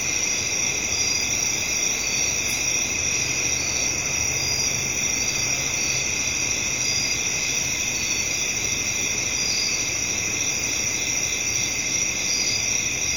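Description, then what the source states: Cricket chorus, continuous shrill trills at several high pitches layered together, unbroken throughout, over a soft low rumble. Night-time crickets in a residential area, with traffic in the background.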